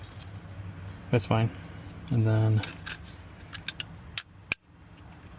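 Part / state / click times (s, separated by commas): molded replacement part into its mount in the car dash or headlight assembly / seated / 4.2 s, 4.5 s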